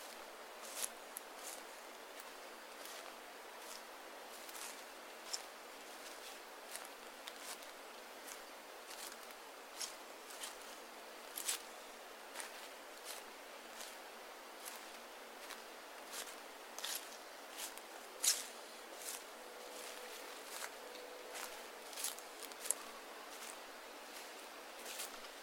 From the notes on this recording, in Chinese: 听远钟声，听风息声，听林涛声，听落叶声